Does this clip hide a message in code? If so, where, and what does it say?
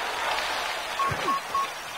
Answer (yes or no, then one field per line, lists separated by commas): no